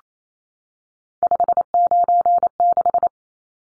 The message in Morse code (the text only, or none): 596